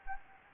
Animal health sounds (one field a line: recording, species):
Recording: mosquito wingbeat signal from an infrared sensor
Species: Anopheles gambiae